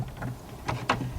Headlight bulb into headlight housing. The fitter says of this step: clockwise get and turn it clockwise till it snaps into place till you can't turn it any more